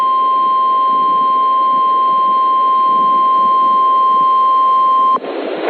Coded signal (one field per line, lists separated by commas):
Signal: Emergency Alert System (SAME) tones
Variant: 1050 Hz attention tone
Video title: 50 States, 50 Alerts II (2K Subscriber Special)